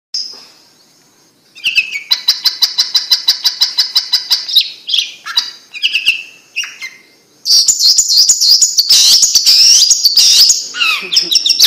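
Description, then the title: Bird song: a fast run of repeated high chirps and trills, a short pause, then a burst of varied, twittering whistles and slurred notes. "Kicau Burung Yoi"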